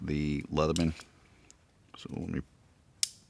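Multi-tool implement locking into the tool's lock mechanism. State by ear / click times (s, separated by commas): seated / 3.0 s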